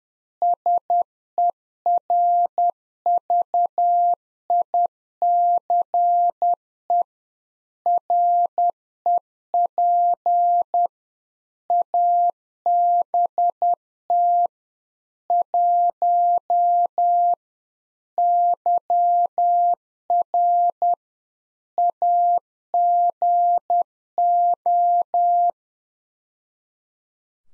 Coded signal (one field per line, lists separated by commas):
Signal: Morse code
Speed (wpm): 10 wpm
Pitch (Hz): 700 Hz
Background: none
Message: SERVICE REP ABT 1 YR AGO